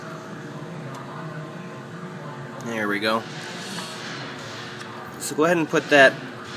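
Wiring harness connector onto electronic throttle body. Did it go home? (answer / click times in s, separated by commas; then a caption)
no / none. A wiring harness connector is being handled at the new electronic throttle body of a 2009-2012 Ford Escape, to be pushed on until it snaps into place before the red locking tab is pushed back in. Someone talks over a steady low hum, and nothing has seated or clicked yet.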